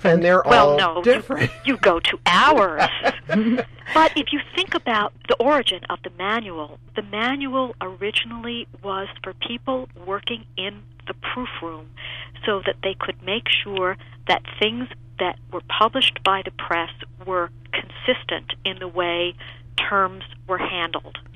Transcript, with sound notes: "And they're all different."
"No, you go to ours. [Laughter] But if you think about the origin of the manual, the manual originally was for people working in the proof room, so they could make sure that things that were published by the press were consistent in the way terms were handled.